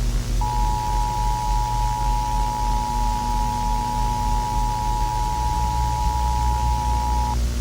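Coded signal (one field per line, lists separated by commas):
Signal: Emergency Alert System (SAME) tones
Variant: 853 and 960 Hz attention tone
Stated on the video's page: Fictional EAS scenario.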